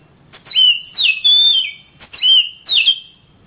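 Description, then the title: Oriental magpie-robin song, loud clear whistles that swoop down and then level out, five phrases in quick succession. Oriental magpie-robin (kacer) song from Kalimantan and Sumatra birds, described as champion-grade and gacor, meaning singing vigorously and continuously. "Kicau Kacer Juara Master Kalimantan Sumatra Gacor"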